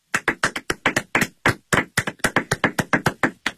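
Applause of sharp, distinct hand claps in a quick, fairly even rhythm, about twenty in a row with one brief pause, fairly loud and with no voices.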